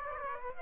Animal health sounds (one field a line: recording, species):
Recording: mosquito wingbeat signal from an infrared sensor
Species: Aedes aegypti